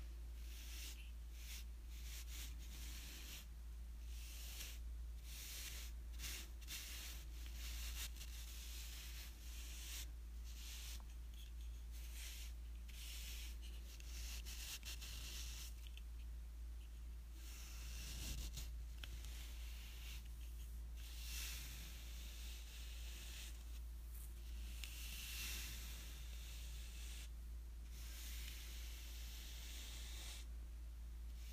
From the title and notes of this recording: From large room painting brushes to small canvas paint brushes. Different surface brushing.